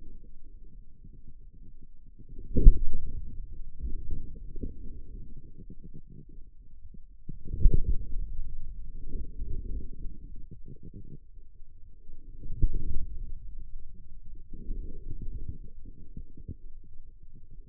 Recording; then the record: forearm muscle sounds (acoustic myography)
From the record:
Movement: inward rotation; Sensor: system 2, bracelet of six BSWA MPA416 microphones around the upper forearm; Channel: 6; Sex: male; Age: 22 years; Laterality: right